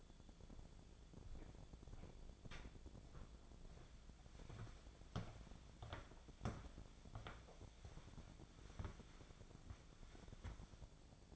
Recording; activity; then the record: daily activity, microphone in the room; walk to room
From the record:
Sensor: 5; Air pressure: 1000.0 hPa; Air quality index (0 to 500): 95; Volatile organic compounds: 1 ppm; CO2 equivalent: 778 ppm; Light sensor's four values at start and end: 359/886/372/414 and 523/1081/525/617